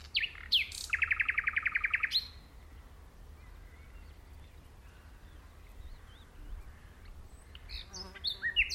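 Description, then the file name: Common nightingale song with a loud, rapid buzzing trill of evenly repeated notes lasting about a second, then quiet, ending in sharp scattered chips. "Luscinia megarhynchos"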